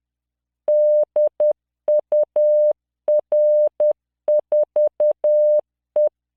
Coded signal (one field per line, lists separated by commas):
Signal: Morse code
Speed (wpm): 10 wpm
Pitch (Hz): 600 Hz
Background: none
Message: DUR4E